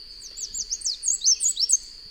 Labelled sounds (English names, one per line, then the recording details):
Chestnut-capped Warbler song
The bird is a male
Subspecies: delattrii
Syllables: 10
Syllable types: 8
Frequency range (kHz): 3.7-9.2 kHz
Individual FV-RRS-M